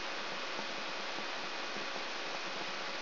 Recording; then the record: brain microelectrode recording played as sound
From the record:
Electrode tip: outside the subthalamic nucleus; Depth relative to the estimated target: -8 mm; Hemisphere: left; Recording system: AlphaMap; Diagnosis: Parkinson's disease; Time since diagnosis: 23 years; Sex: male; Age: 65 years